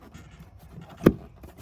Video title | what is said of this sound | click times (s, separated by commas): How to Replace Mass Airflow Sensor Infiniti QX60 | Clips in like that | 1.1 s